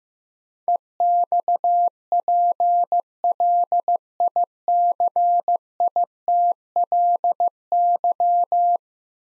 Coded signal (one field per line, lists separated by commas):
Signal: Morse code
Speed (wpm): 15 wpm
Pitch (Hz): 700 Hz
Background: none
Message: EXPLICITLY